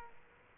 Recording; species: mosquito wingbeat signal from an infrared sensor; Aedes aegypti